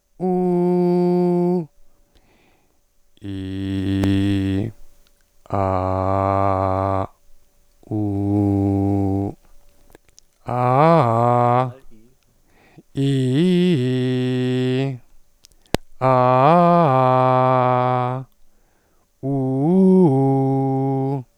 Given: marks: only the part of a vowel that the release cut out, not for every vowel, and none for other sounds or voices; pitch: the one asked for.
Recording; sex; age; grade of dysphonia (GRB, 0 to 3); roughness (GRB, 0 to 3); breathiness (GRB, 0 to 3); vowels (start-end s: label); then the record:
sustained vowels; male; 30 to 39 years; 0; 0; 0
0.29-1.53 s: vowel /u/, high pitch
4.05-4.55 s: vowel /i/, low pitch
5.61-6.97 s: vowel /a/, low pitch
7.99-9.21 s: vowel /u/, low pitch
13.05-14.76 s: vowel /i/, low-high-low pitch
16.11-18.03 s: vowel /a/, low-high-low pitch
19.32-21.04 s: vowel /u/, low-high-low pitch
From the record:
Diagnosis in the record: recurrent laryngeal nerve paralysis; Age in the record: 32 years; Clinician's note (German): Zustand nach Thyreoplastik nach Rec. par. links